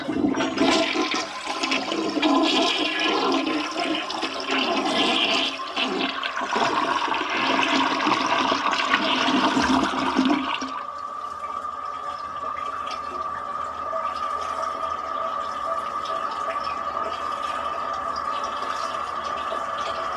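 A toilet flushes with a loud, dense rush of churning water for about the first ten seconds, full and gurgling across low and bright tones. Near eleven seconds it drops to a quieter, steady refill hiss with a thin sustained tone that continues to the end.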